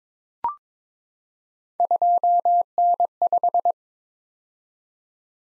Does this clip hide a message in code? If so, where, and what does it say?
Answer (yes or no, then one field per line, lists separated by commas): yes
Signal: Morse code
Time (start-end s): 1.8-3.7 s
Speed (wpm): 22 wpm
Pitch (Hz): 700 Hz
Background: none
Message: 2N5